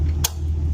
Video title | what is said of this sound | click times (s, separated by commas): Buying a used boat / trailer from a dealership and the brakes didn’t work. | See this here? Click it down, | 0.2 s